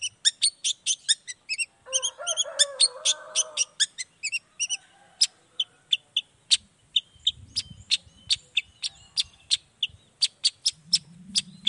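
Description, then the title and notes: Long-tailed shrike song: rapid run of crisp high ticks interrupted by a short nasal harmonic phrase, then steadier, spaced ticks with faint low rumbling beneath. Morning song, described as lively and varied with 'toet toet' phrasing, played to provoke other long-tailed shrikes into responding. "Langsung NYAUTTTTT ! Cendet Gacor Dor Di Kala Pagi Toet Toet Variasi Suara J. Cendet Gacor Langsung Nyaut Emosi Hanya dengan Sekali Putar Bikin Cendet Lainya Cepat Respon Bunyi. Burung cendet"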